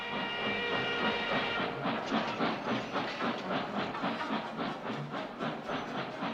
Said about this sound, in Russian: Поезд тронулся, увозя с собой отца Федора в неизвестную даль.